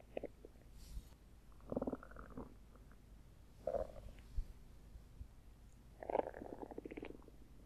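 Irregular gurgling, bubbling bursts come in about four clusters over roughly eight seconds, with quiet stretches between them. These are bowel sounds from an adult abdomen, an ordinary tummy grumble from gas and fluid moving through the gut.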